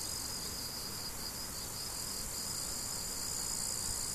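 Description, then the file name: Rapid pulsed cricket chirps run through the whole short stretch alongside a constant high insect buzz. Crickets, recorded 17 July 2012 on an MZ-N710 recorder. "grillons 17 07 2012"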